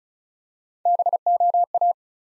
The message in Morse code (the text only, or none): BOA